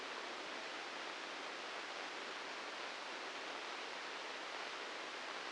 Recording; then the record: brain microelectrode recording played as sound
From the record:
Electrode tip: inside the subthalamic nucleus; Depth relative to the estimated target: -2 mm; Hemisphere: right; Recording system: NeuroSet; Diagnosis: Parkinson's disease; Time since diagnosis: 8 years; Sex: male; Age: 59 years